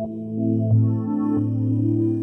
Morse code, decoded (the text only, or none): none